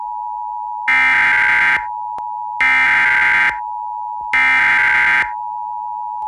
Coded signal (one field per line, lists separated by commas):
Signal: Emergency Alert System (SAME) tones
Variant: header bursts